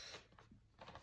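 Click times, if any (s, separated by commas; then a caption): none. A plastic lid is pressed onto a small storage box for toy cars, giving a few soft plastic taps and rattles at about 0.4, 0.8 and 1.0 seconds. The lid does not clip on and will not stay in place, and nothing has seated or clicked yet.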